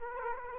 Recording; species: mosquito wingbeat signal from an infrared sensor; Aedes aegypti